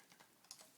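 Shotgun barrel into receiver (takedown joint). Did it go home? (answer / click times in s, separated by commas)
yes / 0.5 s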